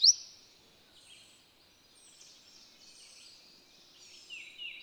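Bird song opening with a loud sharp chirp, followed by a run of high, thin twittering notes and a few brighter chirps toward the close.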